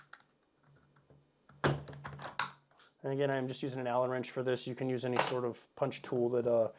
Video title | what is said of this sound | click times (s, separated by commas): Tavor 7, Full disassembly and reassembly | and we're going to push it all the way until it clicks | 1.6 s, 2.4 s